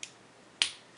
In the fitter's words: Voilà, ça clipse.